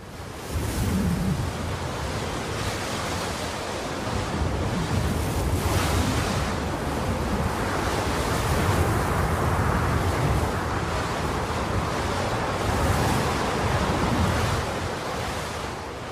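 Strong storm wind roars loudly and continuously, a dense rushing noise that swells in gusts and never lets up, with no voices heard.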